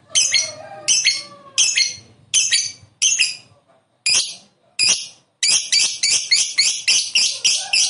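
Lovebird chirps: sharp high-pitched calls with short gaps between them, ending in a faster run of shrill notes.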